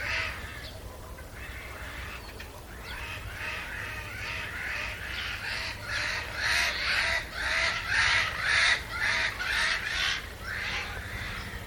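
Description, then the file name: Eurasian jay giving harsh, rasping screeches, growing louder and repeated about twice a second in the second half, over a low steady rumble. "Garrulus glandarius"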